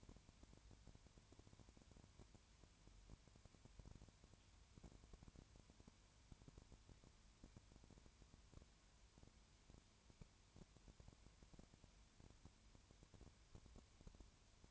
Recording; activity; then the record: daily activity, microphone in the room; no activity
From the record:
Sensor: 2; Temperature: 20.3 degrees Celsius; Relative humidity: 33.8%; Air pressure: 1003.2 hPa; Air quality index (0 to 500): 82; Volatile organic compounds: 1 ppm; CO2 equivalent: 782 ppm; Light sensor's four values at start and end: 2/3/2/2 and 2/3/2/2